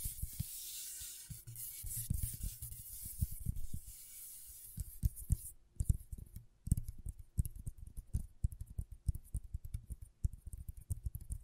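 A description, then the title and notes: Scratchboard being worked: a rapid run of short scraping strokes and taps, irregular but dense throughout. For the first five seconds a steady bright hiss sits over the strokes, then it drops out and the scratches continue alone, with brief pauses near six and seven seconds. ASMR Brain Tingling Scratchboard (No Talking).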